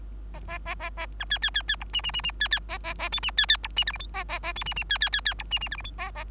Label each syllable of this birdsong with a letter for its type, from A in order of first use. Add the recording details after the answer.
A A A A A B C C C C D E E E E C C A A A F E C C D E G H I A A A F E E C C C C D E E G H I A A. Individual Bird3